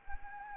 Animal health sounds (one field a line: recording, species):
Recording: mosquito wingbeat signal from an infrared sensor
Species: Anopheles gambiae